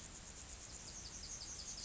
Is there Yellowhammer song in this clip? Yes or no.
no